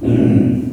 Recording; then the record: squeal of a Yucatan mini pig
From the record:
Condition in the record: after surgery on the right vocal fold (resection and tissue-engineered implant); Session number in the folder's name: 2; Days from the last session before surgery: 18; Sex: female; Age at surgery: 19 weeks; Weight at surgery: 25 kg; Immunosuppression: prednisolone